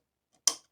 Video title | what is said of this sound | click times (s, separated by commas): Bmw f650gs fork seal replacement How to the easy way | There you go, you heard it click. | 0.5 s